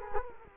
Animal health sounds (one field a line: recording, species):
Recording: mosquito wingbeat signal from an infrared sensor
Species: Culex quinquefasciatus